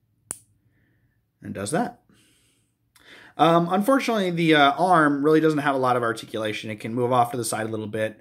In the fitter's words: and then you just kind of rock that up into until it clicks in place